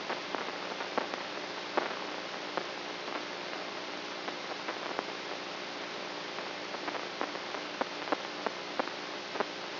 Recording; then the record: brain microelectrode recording played as sound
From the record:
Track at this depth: outside the subthalamic nucleus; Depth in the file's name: 5.501 mm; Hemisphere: right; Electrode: 3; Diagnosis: Parkinson's disease